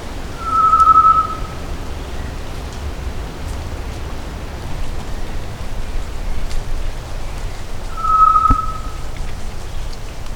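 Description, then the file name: Solitary tinamou whistling twice, each note a clear, level, drawn-out tone, well apart, against steady low-pitched background noise. Recorded in Cantareira State Park, São Paulo, Brazil, on 16 October 1999. "Tinamus-solitarius-PECantareira-SP-16-10-99-ASilveira"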